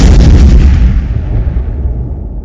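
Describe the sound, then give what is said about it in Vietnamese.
A single loud, deep explosion booms at once and then rumbles away slowly, its low roar fading over a couple of seconds with no voices. “Ông Vì chưa kịp ra lệnh, một tiếng nổ kinh hồn.”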